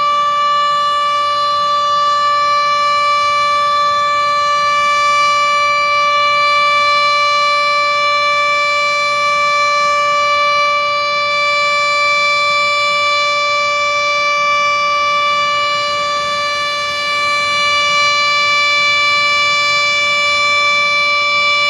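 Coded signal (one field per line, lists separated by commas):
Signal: siren signal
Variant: Japanese dam discharge siren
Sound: one steady, unbroken siren tone held for the whole clip, rich in overtones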